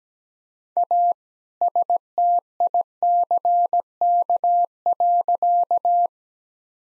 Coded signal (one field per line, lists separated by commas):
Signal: Morse code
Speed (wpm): 17 wpm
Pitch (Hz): 700 Hz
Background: none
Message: A STICK.